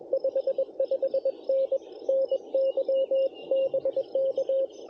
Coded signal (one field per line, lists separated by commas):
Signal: Morse code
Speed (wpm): 21 wpm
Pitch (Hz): 540 Hz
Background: radio noise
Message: 55N NY BK